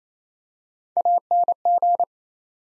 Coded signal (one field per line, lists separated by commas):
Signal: Morse code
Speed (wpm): 27 wpm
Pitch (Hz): 700 Hz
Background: none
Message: ANG